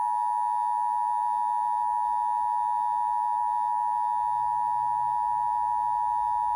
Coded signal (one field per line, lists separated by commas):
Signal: Emergency Alert System (SAME) tones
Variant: 853 and 960 Hz attention tone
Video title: EAS 777 - Relaying a hurricane warning I received VIA Stream